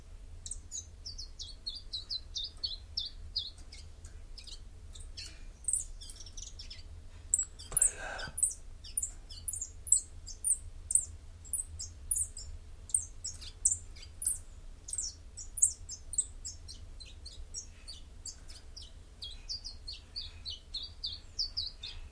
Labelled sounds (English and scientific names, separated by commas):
Common Chiffchaff (Phylloscopus collybita) song